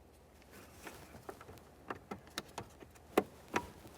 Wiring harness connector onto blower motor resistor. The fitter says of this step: press press it in listen for a click give it a light tug to make sure it's completely secured in place